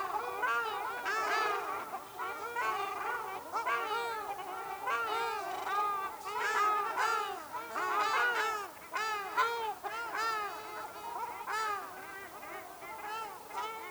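Ruddy shelducks calling in a dense, overlapping chorus of nasal honks that run continuously throughout.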